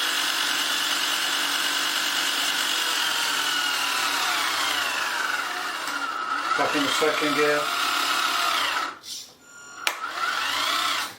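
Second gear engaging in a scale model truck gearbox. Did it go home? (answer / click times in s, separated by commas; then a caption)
partly / 9.9 s. A drill drives the basic gearbox of a Tamiya 1/14 scale RC Volvo FH12 truck with a steady, whirring tone that sweeps in pitch as someone talks and shifts back into second gear. The whir dips around 9 seconds, then a sharp click at 9.9 s shows the gear catching without fully going in, since this gearbox has no synchromesh.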